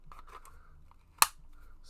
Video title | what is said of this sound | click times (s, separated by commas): OtaKing Opens Up the Suicide Squad Figures by McFarlane Toys | that clicks on pretty easily as well | 1.2 s